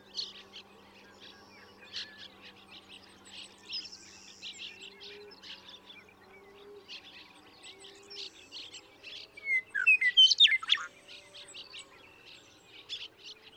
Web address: birdsongforthecurious songs Western Meadowlark